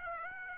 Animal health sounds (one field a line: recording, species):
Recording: mosquito wingbeat signal from an infrared sensor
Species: Aedes aegypti